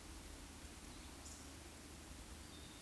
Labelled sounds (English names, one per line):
Eurasian Woodcock whistle